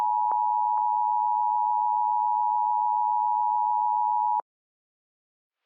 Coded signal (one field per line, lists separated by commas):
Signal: Emergency Alert System (SAME) tones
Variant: 853 and 960 Hz attention tone